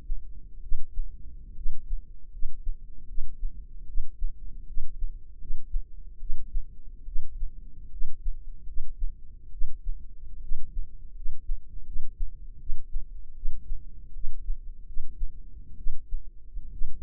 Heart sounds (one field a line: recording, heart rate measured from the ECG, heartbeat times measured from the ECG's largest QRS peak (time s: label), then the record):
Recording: heart sounds by microphone in the left ear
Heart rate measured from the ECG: 75 bpm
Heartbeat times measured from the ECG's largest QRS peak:
0.60 s: heartbeat
1.54 s: heartbeat
2.30 s: heartbeat
3.06 s: heartbeat
3.85 s: heartbeat
4.65 s: heartbeat
5.38 s: heartbeat
6.18 s: heartbeat
7.04 s: heartbeat
7.89 s: heartbeat
8.65 s: heartbeat
9.50 s: heartbeat
10.40 s: heartbeat
11.13 s: heartbeat
11.84 s: heartbeat
12.58 s: heartbeat
13.33 s: heartbeat
14.12 s: heartbeat
14.84 s: heartbeat
15.75 s: heartbeat
16.70 s: heartbeat
From the record:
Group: healthy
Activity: rest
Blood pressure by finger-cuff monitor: 108/72 mmHg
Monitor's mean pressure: 85 mmHg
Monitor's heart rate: 74 bpm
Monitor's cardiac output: 6.2 L/min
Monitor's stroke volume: 84 mL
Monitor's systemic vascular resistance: 990 dyn s/cm5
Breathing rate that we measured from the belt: 19 breaths a minute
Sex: female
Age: 22 years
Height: 157 cm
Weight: 47.6 kg